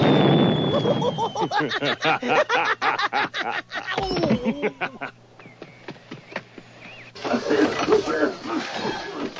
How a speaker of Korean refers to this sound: 그 순간 벨의 집에선 뭔가 폭발하는 소리가 크게 들리죠.